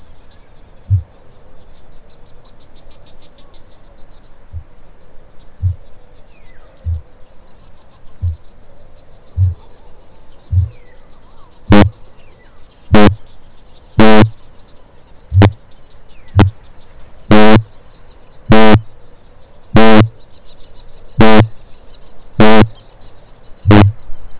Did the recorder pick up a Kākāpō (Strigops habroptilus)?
yes